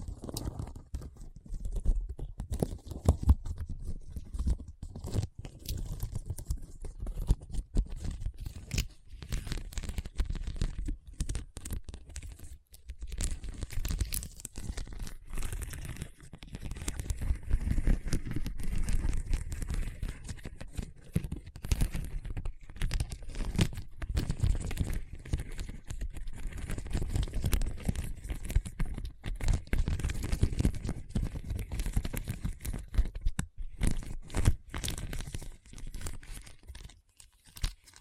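Continuous rough scratching over a hard, bumpy surface, dense crackly strokes with a low rumble, briefly pausing near thirteen seconds before resuming.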